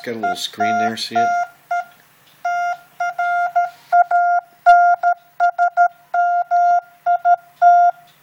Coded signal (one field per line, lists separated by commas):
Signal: Morse code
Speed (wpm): 13 wpm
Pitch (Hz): 700 Hz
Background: speech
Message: ETTE TRANSMIT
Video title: MFJ Pocket Morse Code Tutor